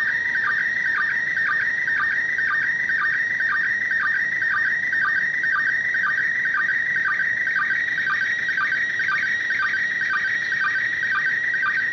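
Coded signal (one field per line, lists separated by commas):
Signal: SSTV (slow-scan television)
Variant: PD120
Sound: steady warbling, chirping tone with a rhythmic low blip about twice a second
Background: radio static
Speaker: So let's just go ahead and play it. And I have to kind of be quiet since it's using the audio.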